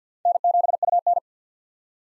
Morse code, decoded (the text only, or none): N7UN